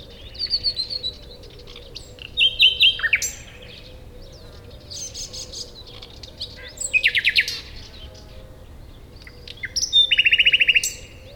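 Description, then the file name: Common nightingale song in several separate phrases, mixing high whistles with fast rattling runs of repeated notes, the loudest bursts near the start, middle and end. "Luscinia megarhynchos"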